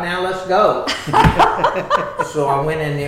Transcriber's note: laughter